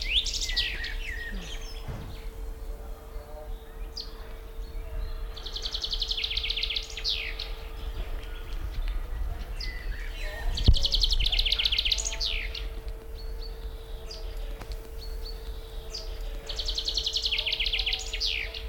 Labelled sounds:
Common Chaffinch song

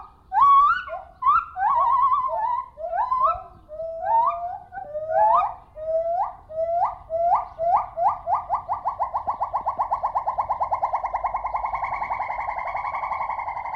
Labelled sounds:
Lar Gibbon

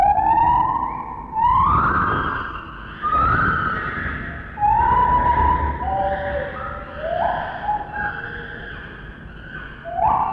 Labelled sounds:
Lar Gibbon

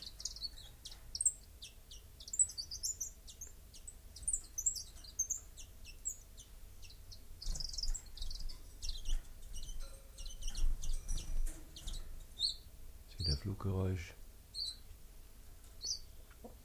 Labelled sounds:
Common Chiffchaff song

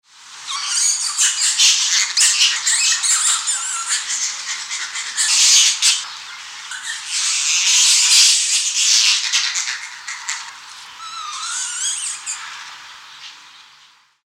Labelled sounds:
Silvery Lutung

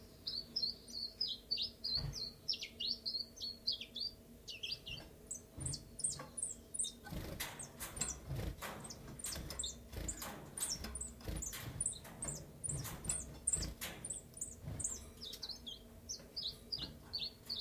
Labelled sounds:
Common Chiffchaff

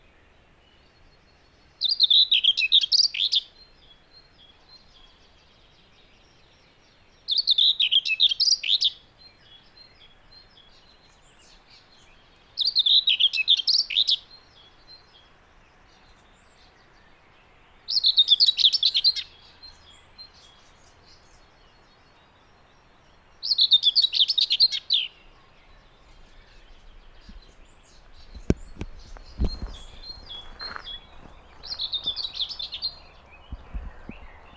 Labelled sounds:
Common Whitethroat song

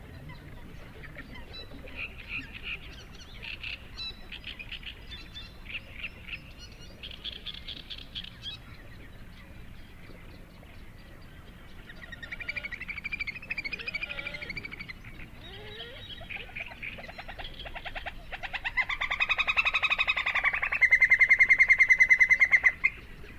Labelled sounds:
Little Grebe call

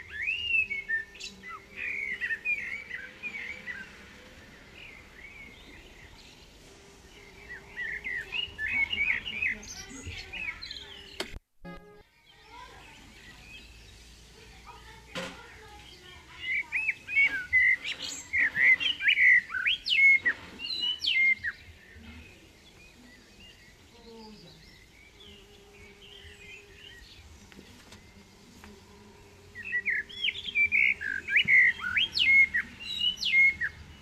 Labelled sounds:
Common Blackbird song

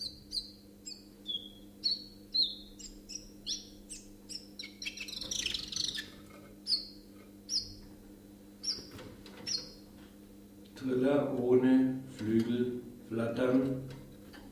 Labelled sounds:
Common Chiffchaff song

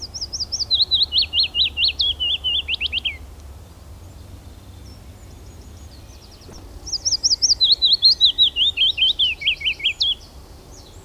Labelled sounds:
Willow Warbler song

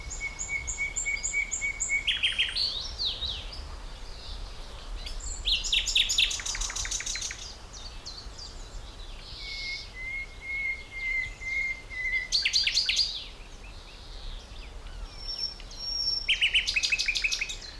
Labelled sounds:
Common Nightingale

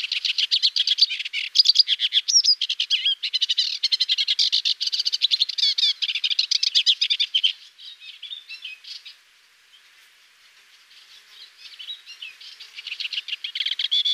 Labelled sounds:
Sykes's Warbler song

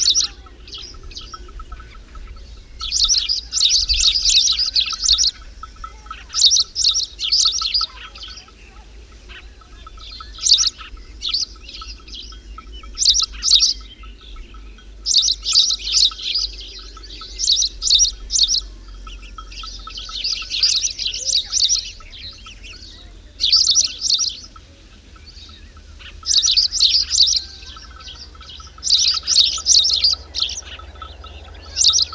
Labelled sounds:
Spanish Sparrow song

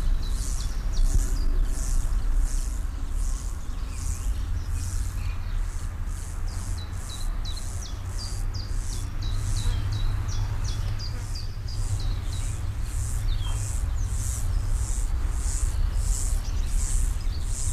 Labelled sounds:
Common Chiffchaff song

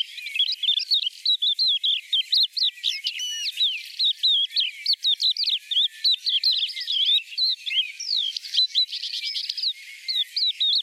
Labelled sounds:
Crested Lark song

